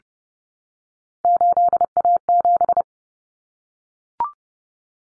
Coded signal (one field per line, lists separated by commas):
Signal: Morse code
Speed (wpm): 30 wpm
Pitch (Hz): 700 Hz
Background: none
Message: 8A7